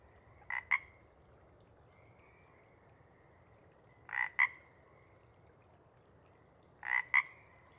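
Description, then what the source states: Pacific chorus frog giving a two-part croaking call three times, roughly every three seconds, against a quiet hiss. Sparse chorus in pre-dawn twilight; most frogs have stopped, but a few individuals keep calling to attract a mate.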